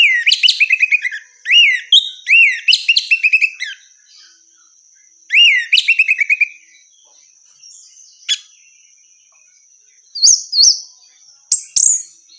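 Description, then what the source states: Orange-headed thrush calls: repeated rapid bursts of rising, buzzy chirps in groups, separated by short pauses, then a few scattered high notes. Female.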